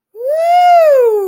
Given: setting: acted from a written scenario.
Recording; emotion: vocal sound without words; ecstasy